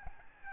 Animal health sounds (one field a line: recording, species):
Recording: mosquito wingbeat signal from an infrared sensor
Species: Aedes albopictus